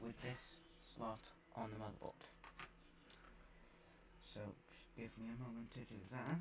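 Someone talks while lining up the clip on a plastic power supply connector with the slot on a micro-ATX motherboard's power header, with a couple of brief handling sounds around 2.4 and 2.6 seconds. The plug is being handled but has not gone home, and nothing has clicked or seated yet.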